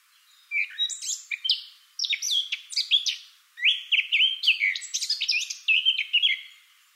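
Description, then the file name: Eurasian blackcap song: three bursts of fast, varied warbling, with scratchy chatter mixed among clearer fluty notes. "Sylvia atricapilla"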